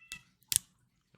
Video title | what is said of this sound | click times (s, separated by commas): GET CONCEALED, STAY LEATHAL, STAY SAFE!!! - RE-UPLOAD!! | It clicks in like that. | 0.6 s